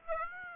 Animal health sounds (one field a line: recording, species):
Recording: mosquito wingbeat signal from an infrared sensor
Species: Aedes aegypti